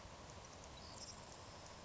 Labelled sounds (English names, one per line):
Savannah Sparrow